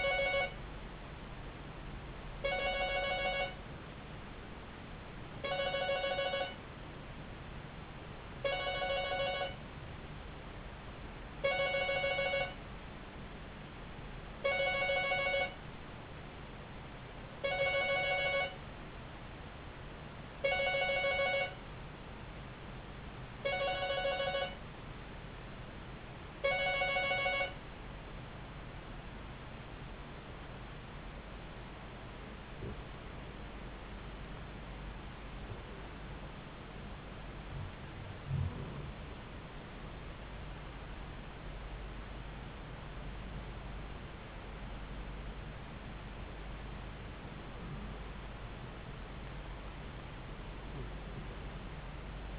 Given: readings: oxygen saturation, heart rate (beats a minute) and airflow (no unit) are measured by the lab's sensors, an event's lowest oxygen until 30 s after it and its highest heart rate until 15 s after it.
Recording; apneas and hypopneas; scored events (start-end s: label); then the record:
breathing in sleep by a voice recorder at the bedside; 1
0.00-40.00 s: awake
12.00-41.90 s: hypopnea (scored as awake, oxygen 96% highest, then 92% lowest)
24.00-52.39 s: new sleep stage, N1 (lightest sleep)
From the record:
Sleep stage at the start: awake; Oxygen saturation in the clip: 90 to 96%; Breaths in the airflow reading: 12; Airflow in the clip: -4.3 to 5.9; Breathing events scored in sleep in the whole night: 270 in 6.1 hours asleep